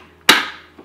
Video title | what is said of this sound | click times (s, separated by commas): How To Install A Water Filter On KEURIG K-Cafe -- Make Your Coffee Taste Better 😋 | like a gentle bush until it locks in place | 0.3 s